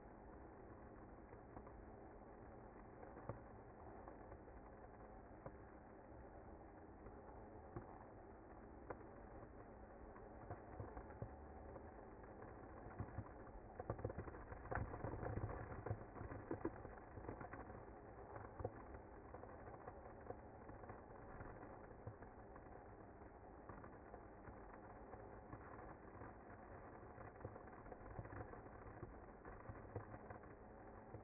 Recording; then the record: honeybee colony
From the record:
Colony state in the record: active